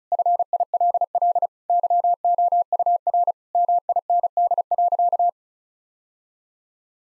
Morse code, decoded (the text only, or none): FILL YOUR MIND.